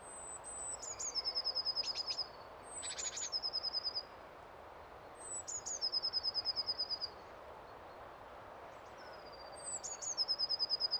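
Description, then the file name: Eurasian blue tit song: a few thin, very high notes slipping downward, then a quick even trill, repeated four times with short pauses against a soft background hiss. "Cyanistes caeruleus"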